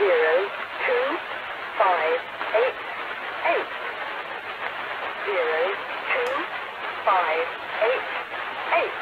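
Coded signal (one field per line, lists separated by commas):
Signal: numbers station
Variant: Lincolnshire Poacher, English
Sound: voice reading digits one by one at steady intervals through hissy shortwave static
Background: radio static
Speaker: and as you've heard the number station starts with a song and I think the song is the reason why they called it linol sh poer and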